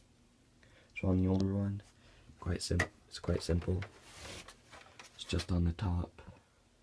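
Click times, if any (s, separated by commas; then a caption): none. A hard drive is handled at the top bay of an older Xbox 360 console while someone talks, with a few faint, brief handling taps in the pauses. The drive has not seated or clicked into place yet by the end.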